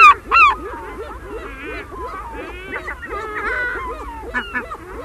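Herring gull calls: two loud, harsh, downslurred cries open, followed by a busy backdrop of overlapping squealing and mewing gull calls.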